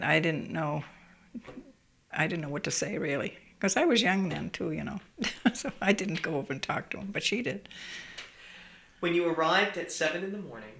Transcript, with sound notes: I didn't know, I didn't know what to say, really, because I was young then, too, (she laughs) so I didn't go over and talk to him. But she did.
When you arrived at seven in the morning...